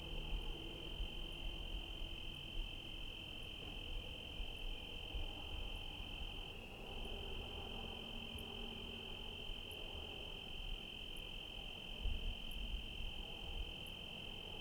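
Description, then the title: Cricket song forms an even, continuous high trill, with faint sharp ticks recurring regularly over a steady low rumble. Night recording in Trinity County, California, USA, dated 17/10/25 around 05:06 (approximate time), with rain and cars; recorded on Zoom H1 with internal XY microphones. "Trinity County, Californie, États-Unis d'Amérique - 17_10_25_05_06 grillons nuit voitures PLUIE"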